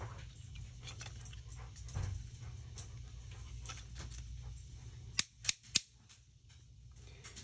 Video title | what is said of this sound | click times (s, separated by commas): How to make an MC4 Connector Cable | i like to turn until there's three clips | 5.2 s, 5.5 s, 5.8 s